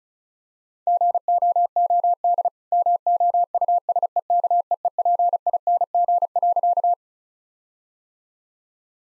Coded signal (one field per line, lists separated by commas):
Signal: Morse code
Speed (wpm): 34 wpm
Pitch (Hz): 700 Hz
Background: none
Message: GOOD MOUSEKEEPING.